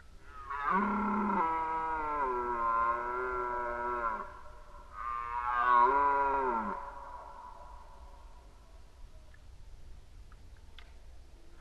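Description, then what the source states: Red deer giving two long, hoarse, harmonic roars, the first lasting several seconds, the second shorter and louder, then trailing quiet. Rut, 2011.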